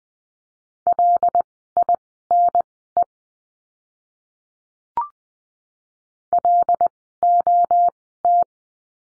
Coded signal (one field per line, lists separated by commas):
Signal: Morse code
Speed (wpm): 20 wpm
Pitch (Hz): 700 Hz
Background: none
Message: LINE LOT